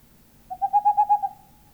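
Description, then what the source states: Tengmalm's owl giving one short burst of several fast, soft hoots that rise slightly in volume, with a quiet background. Finnish field recording of countryside birds, released on cassette in Finland in 1988.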